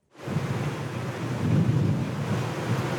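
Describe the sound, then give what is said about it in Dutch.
Strong wind roars steadily at a weather station in the southern state of Kajiado, a deep rumbling buffet layered with broad hiss, swelling a little louder partway through, as many clouds pass over with little rain. No voices are heard. “Het waait hard bij dit weerstation.”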